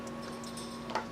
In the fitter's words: I actually like that a lot more because you know exactly when it's locked into place that is super awesome